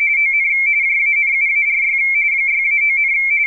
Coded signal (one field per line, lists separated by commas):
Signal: RTTY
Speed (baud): 45.45 baud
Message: ON JANUARY 6-9,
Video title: Radioteletype Spectral Images